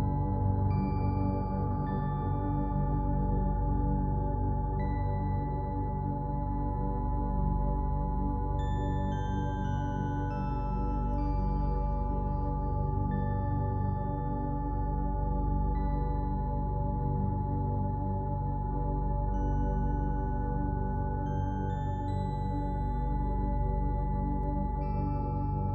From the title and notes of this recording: Sleep Inducing Tones - Solfeggio 852Hz Tones.